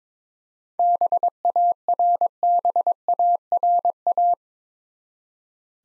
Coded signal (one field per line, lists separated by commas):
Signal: Morse code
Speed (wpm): 22 wpm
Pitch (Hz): 700 Hz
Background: none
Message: BARBARA